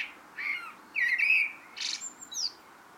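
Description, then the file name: Eurasian blackbird song: soft whistled notes building into a richer warble, followed by thin high squeaky notes. "Turdus merula"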